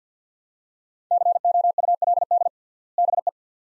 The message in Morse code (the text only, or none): COULD BE